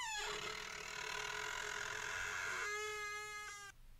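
An unlocked door, pushed open by its edge, creaks open in one long, loud, squealing groan that holds a steady high pitch, wavering slightly before cutting off abruptly after about three and a half seconds.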